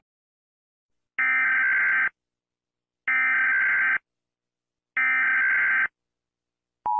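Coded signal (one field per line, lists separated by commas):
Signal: Emergency Alert System (SAME) tones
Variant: header bursts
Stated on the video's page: Fictional EAS scenario about nuclear missiles striking Chile; not a real alert.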